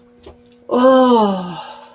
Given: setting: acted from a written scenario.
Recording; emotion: vocal sound without words; contentment